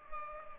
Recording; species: mosquito wingbeat signal from an infrared sensor; Culex pipiens